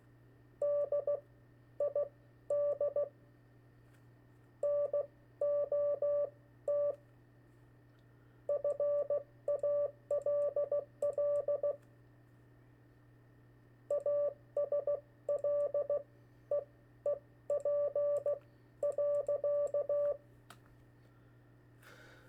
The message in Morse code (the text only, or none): DID NOT FALL ASLEEP.